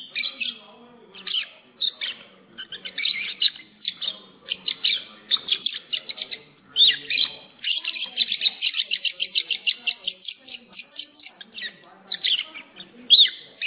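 Lovebird chirping, shrill rapid squeaks in dense runs, growing into a fast, steady chatter in the second half.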